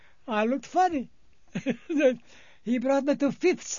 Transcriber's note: he laughs